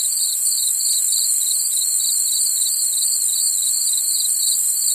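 Crickets chirping in a steady high pulsing trill, with several continuous shrill insect bands layered above and no other sounds.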